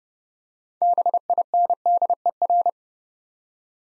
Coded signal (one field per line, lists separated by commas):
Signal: Morse code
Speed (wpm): 32 wpm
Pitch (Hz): 700 Hz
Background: none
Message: BINDER